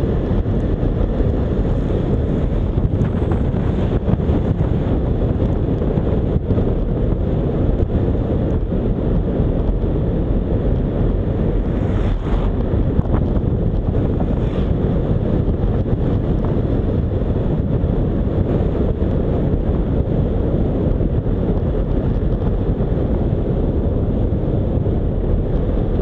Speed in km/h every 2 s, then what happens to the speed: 44, 45, 45, 45, 45, 46, 47, 49, 48, 45, 44, 40, 40.
0-15 steady at about 45. 15-22 slows to 40.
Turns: none.